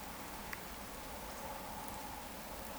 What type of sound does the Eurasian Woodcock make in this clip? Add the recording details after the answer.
whistle. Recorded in Baden-Württemberg, Germany, on 14 June 2020 at 20:25 UTC. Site 14569, 102 m above sea level